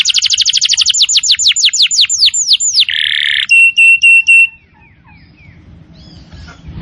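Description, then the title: Canary song: rapid falling whistles slowing into longer sweeps, a buzzy rattle, several clipped repeated notes, then quiet. "Kenari Gacor"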